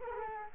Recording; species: mosquito wingbeat signal from an infrared sensor; Culex quinquefasciatus